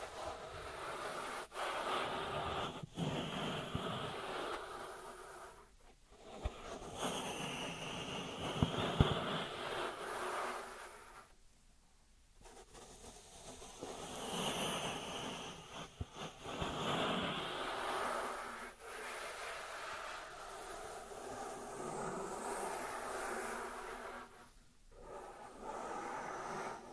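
Dry hands rub and brush together in a steady, papery hiss that swells and eases in long strokes. The rubbing pauses briefly around 6, 12 and 25 seconds, and a few soft taps or clicks stand out early on and near 9 seconds.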